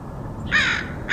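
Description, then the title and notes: Crow giving one harsh, drawn-out caw, with the start of another at the end. Crows recorded in Portland, Oregon, in August 2003. "Crows of Portland. Crows recorded by Dan Bodah in Portland, OR, August 2003"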